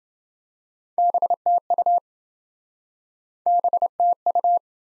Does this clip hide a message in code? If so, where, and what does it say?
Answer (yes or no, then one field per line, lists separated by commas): yes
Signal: Morse code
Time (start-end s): 1.0-4.6 s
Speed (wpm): 26 wpm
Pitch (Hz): 700 Hz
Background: none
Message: BTU BTU